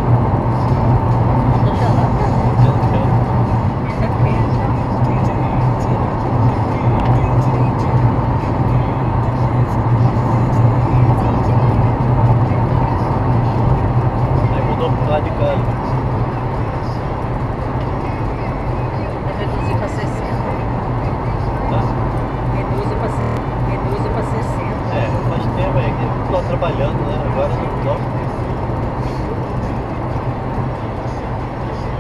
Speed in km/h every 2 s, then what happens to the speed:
102, 103, 107, 110, 112, 113, 114, 114, 114, 114, 110, 109, 106, 104, 104, 105.
0-11 speeds up to 114. 11-32 steady at about 109.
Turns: none.